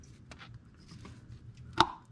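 A new CVT transmission filter with a lubricated O-ring is pushed straight into its housing on the transmission of a 2017-2022 Honda CR-V. After faint handling taps near 0.3 s and 1.1 s, a sharp, loud snap rings out at 1.8 s as the filter clicks into place and seats.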